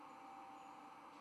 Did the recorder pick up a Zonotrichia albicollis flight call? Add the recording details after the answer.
no. No flight call is heard. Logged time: 23:01 on 5 November 2014